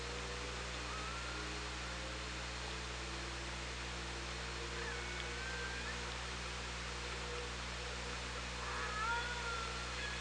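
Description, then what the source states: Killer whale calls: faint wavering tonal calls drift through steady hydrophone hiss and low hum, with a clearer short rising-then-falling call near the end. OrcaLab hydrophone, 24 August 2017.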